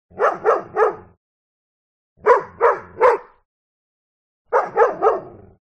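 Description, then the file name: Dog barking in three quick bursts, each burst of three sharp barks, with short silent pauses between bursts. "smartsound ANIMAL DOG Bark Three Times"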